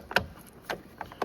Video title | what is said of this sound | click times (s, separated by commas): 2020 Lexus IS300 Replace Front Turn Signal Bulb | And we'll lock that back into place, | 0.2 s